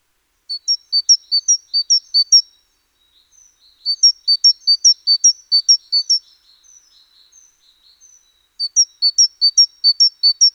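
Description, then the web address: Great tit song, three bursts of rapid see-saw note pairs, each burst around two seconds long, with soft faint notes in between. "SETE Parus major"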